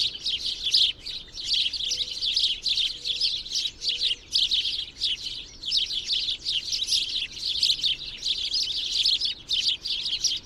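Bird gives a busy run of shrill twittering notes in quick clusters, with a few brief gaps.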